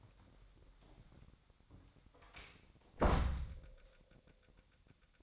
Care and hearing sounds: daily activity, microphone in the room; close door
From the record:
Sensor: 3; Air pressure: 1007.2 hPa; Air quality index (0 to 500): 200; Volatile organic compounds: 16 ppm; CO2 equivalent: 2556 ppm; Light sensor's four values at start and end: 12/29/12/12 and 12/28/12/12

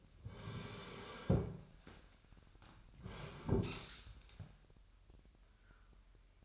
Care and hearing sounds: daily activity, microphone in the room; sit down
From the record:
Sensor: 2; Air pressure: 998.4 hPa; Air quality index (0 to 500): 125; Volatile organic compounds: 3 ppm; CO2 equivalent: 1412 ppm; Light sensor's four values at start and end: 5/11/5/5 and 6/14/6/6

